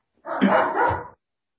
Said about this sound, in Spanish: Espero que no ladre mucho el perro.